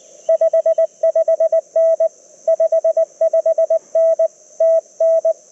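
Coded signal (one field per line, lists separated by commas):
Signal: Morse code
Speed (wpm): 20 wpm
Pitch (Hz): 590 Hz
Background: none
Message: 55N 55N TN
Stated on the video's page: QRP CW Parks on the Air activation from an LNR Precision Mountain Topper MTR4B V2.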